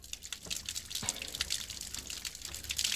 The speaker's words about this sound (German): Was machen Sie da? Ich fülle dieses Waschbecken mit Wasser.